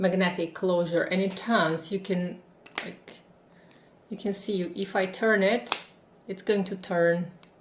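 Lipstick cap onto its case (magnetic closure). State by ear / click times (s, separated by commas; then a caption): not seated / none. Someone talks while turning the cap of a new lipstick case with a magnetic closure, and a few brief, sharp handling taps are heard around 2.7 to 3.1 seconds. The cap has not yet seated or clicked into place.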